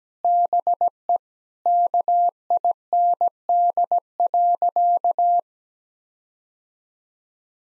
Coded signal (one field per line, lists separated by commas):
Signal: Morse code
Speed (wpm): 17 wpm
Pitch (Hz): 700 Hz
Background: none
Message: BE KIND.